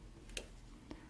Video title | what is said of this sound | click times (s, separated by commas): GC Fuji Automix LC: DenTrek Product Detail | Press the syringe tip in place until you hear a click. | 0.4 s